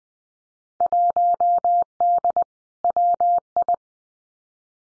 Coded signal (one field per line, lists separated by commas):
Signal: Morse code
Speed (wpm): 20 wpm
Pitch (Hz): 700 Hz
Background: none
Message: 1D WI